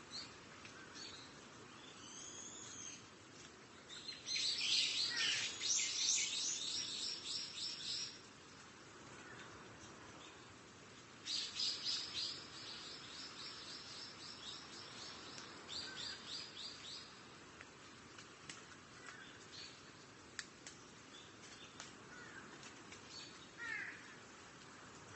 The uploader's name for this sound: Japanese Forest Nature Sounds